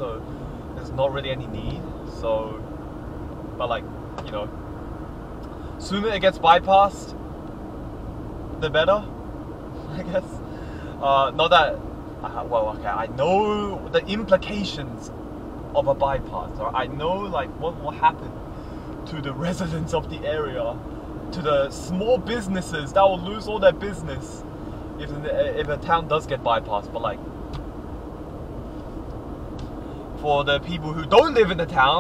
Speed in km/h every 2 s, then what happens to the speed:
75, 77, 78, 78, 79, 80, 80, 79, 81, 81, 81, 79, 78, 77, 77, 77.
0-32 steady at about 78.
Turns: none.